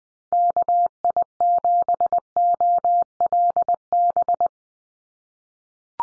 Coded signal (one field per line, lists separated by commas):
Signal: Morse code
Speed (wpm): 20 wpm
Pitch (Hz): 700 Hz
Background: none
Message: KI7OLB